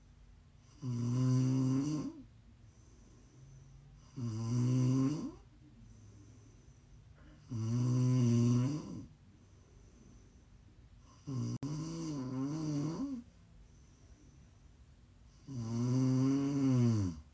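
An adult's snoring: five loud, low-pitched snores at roughly 17 per minute, somewhat irregular, with quiet breathing between them. Meant for listening while falling asleep, relaxing or winding down.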